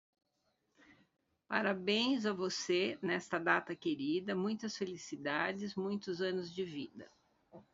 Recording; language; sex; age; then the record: short text; Brazilian Portuguese; female; 60 to 69 years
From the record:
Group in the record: control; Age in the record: 62 years